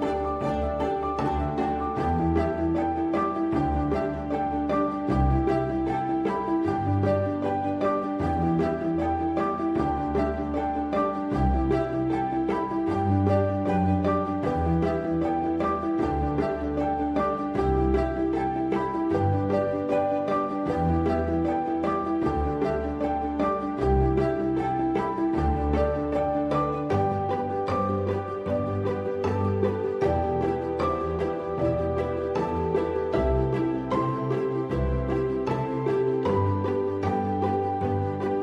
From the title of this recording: Chill Lofi Hip Hop Beat